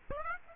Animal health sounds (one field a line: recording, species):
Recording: mosquito wingbeat signal from an infrared sensor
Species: Aedes aegypti